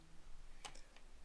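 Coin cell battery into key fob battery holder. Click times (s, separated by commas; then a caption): 0.8 s, 1.0 s. A CR1620 coin cell is fitted into a Mazda key fob's battery holder, positive side facing positive, spring-loaded side first, then pressed down and pushed to check it sits solidly. Two short, sharp clicks are heard at 0.8 s and 1.0 s. The battery snaps in and is seated.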